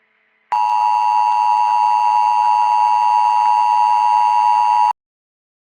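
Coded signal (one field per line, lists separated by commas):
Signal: Emergency Alert System (SAME) tones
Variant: 853 and 960 Hz attention tone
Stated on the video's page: Simulated EAS scenario.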